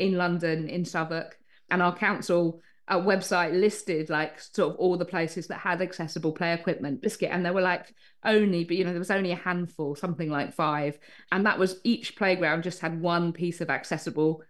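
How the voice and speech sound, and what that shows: A woman speaks fluently at a relaxed pace, then drops the word "biscuit" once into the middle of a sentence, out of context. This is a vocal tic of Tourette syndrome: an involuntary word or noise she cannot control. Her tics include the words "biscuit" and "hedgehog", have changed and intensified over time, and she uses a wheelchair.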